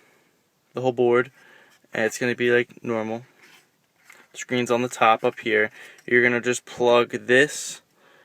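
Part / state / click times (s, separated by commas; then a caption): HVAC control board connector into vehicle harness socket / not seated / none. Someone talks while handling the HVAC control board, with its screen on top, from a 2005 Scion tC, getting ready to plug its wiring connector into the mating harness socket in the car. Nothing has seated or clicked yet.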